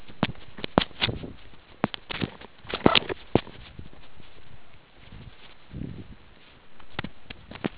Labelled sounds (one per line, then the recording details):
meerkat close call
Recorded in the Kuruman River Reserve, South Africa
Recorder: an audio tag on a meerkat's collar